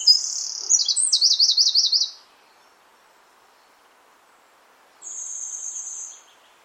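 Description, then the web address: Bird giving sharp high chirps that run into a rapid repeated trill, a quiet pause, then a steady high note. "cianscape birddata Deverinetal 2025"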